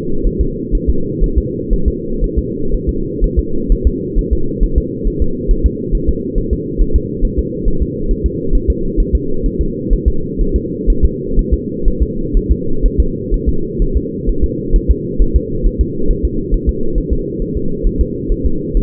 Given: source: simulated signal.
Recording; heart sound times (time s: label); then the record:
fetal heart sounds
0.27 s: S1
0.41 s: S2
0.75 s: S1
0.89 s: S2
1.24 s: S1
1.38 s: S2
1.73 s: S1
1.88 s: S2
2.24 s: S1
2.38 s: S2
2.74 s: S1
2.89 s: S2
3.24 s: S1
3.39 s: S2
3.72 s: S1
3.87 s: S2
4.18 s: S1
4.33 s: S2
4.63 s: S1
4.78 s: S2
5.07 s: S1
5.22 s: S2
5.51 s: S1
5.66 s: S2
5.95 s: S1
6.09 s: S2
6.38 s: S1
6.53 s: S2
6.81 s: S1
6.96 s: S2
7.25 s: S1
7.39 s: S2
7.68 s: S1
7.82 s: S2
8.11 s: S1
8.26 s: S2
8.55 s: S1
8.70 s: S2
9.00 s: S1
9.15 s: S2
9.46 s: S1
9.61 s: S2
9.93 s: S1
10.08 s: S2
10.41 s: S1
10.56 s: S2
10.90 s: S1
11.05 s: S2
11.39 s: S1
11.54 s: S2
11.88 s: S1
12.03 s: S2
12.37 s: S1
12.51 s: S2
12.85 s: S1
13.00 s: S2
13.34 s: S1
13.49 s: S2
13.82 s: S1
13.97 s: S2
14.29 s: S1
14.44 s: S2
14.76 s: S1
14.91 s: S2
15.22 s: S1
15.36 s: S2
15.66 s: S1
15.81 s: S2
16.10 s: S1
16.25 s: S2
16.54 s: S1
16.69 s: S2
16.98 s: S1
17.13 s: S2
17.42 s: S1
17.57 s: S2
17.87 s: S1
18.01 s: S2
18.32 s: S1
18.46 s: S2
18.77 s: S1
From the record:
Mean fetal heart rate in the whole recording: 130 bpm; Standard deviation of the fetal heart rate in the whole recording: 4 bpm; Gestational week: 38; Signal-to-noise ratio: -8.1 dB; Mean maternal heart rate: 72 bpm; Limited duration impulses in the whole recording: absent